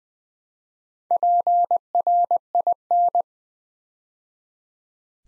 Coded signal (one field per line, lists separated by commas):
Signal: Morse code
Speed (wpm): 20 wpm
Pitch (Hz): 700 Hz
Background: none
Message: PRIN